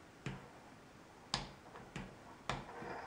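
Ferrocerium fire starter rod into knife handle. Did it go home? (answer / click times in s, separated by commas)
yes / 1.3 s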